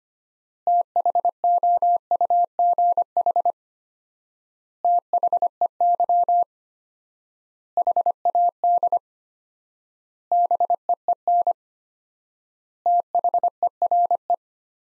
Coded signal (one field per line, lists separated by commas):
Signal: Morse code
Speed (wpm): 25 wpm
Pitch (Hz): 700 Hz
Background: none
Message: THOUGH THEY HAD BEEN THERE